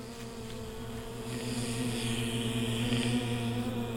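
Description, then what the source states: Honey bees droning in a steady, even hum with a strong low tone, the buzz swelling slightly halfway through. Hive bees during the waggle dance, a bee tracing a figure eight; recorded August–September 2009.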